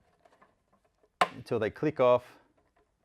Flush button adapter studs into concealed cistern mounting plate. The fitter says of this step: plate until they click